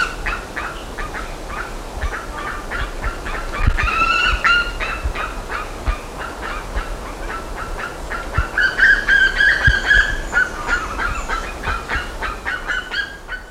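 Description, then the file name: Bird calls: rapid harsh notes throughout, with two louder stretches of rich, ringing, multi-toned calls near four and nine seconds, over light background noise. "SABIOD 50 bird 2015"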